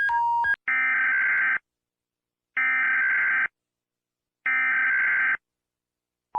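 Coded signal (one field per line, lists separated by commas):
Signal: Emergency Alert System (SAME) tones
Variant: header bursts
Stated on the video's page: Compilation of alert tones from various countries and cities, with some editing errors.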